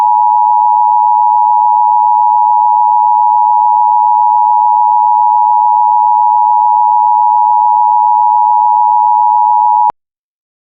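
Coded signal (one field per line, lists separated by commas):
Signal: Emergency Alert System (SAME) tones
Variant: 853 and 960 Hz attention tone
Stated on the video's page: Fictional EAS scenario; its alert sounds include those of the 2011 first national EAS test.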